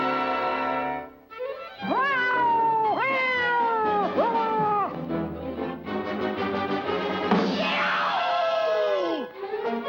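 Two cartoon cats meow and caterwaul in loud, drawn-out, wavering cries, several rising and falling wails in a row, ending with a long descending yowl over a busy, noisy background.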